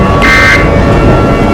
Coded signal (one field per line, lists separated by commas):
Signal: Emergency Alert System (SAME) tones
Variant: end-of-message bursts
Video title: EAS Scenario: Project JJ!